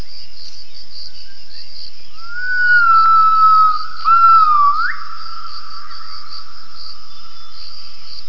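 Gibbon call: two clear whistled notes, the first long and level, the second shorter and ending in a quick upward sweep, over a steady high insect hum.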